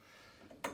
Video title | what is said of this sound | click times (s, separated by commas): Unboxing & Assembly Guide : Hyundai HYSW1600E 1600W 15'' 38cm Artificial Grass Sweeper | I'll just pass the bolt through the two holes make sure we line up the square it pops into into the hole | 0.7 s